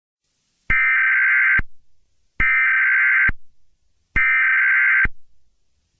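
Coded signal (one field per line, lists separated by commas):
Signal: Emergency Alert System (SAME) tones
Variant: header bursts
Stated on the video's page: Fictional EAS scenario, not a real alert.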